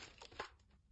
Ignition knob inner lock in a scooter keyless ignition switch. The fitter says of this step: Then the lock is also unlocked. I heard a click.